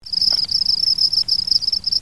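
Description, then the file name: Cricket: a high-pitched trill of rapid pulses, steady throughout with a few brief gaps. "grilo"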